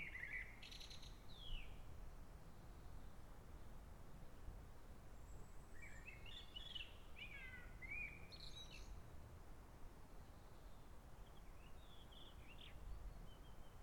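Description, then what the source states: Bird song, varied whistled and slurred phrases in scattered bursts, some rising then falling, over steady low rumble. Recorded in forest at Sant Mateu, Ibiza.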